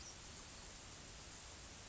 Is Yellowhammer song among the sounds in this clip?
no